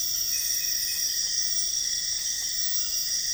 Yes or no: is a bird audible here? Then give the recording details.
no. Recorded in dense forest near Puerto Asís, Putumayo, Colombia, on 4 March 2025 at 03:30. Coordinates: 0.484, -76.325. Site G045